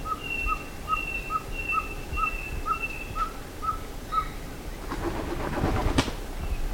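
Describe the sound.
Bird calls: about ten short whistled notes in an even series alongside longer higher tones, then a burst of broad rustling noise near the end.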